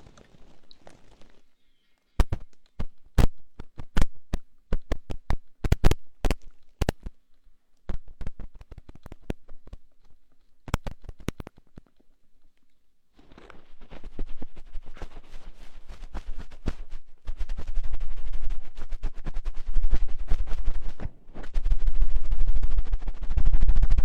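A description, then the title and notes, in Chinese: A cotton swab cleans inside an ear. For the first dozen seconds there are sharp, irregular clicks and taps with quiet gaps between them. From about 13 seconds a dense, steady rubbing and scratching takes over with a low rumble, pausing briefly near 21 seconds. 棉签清洗耳朵。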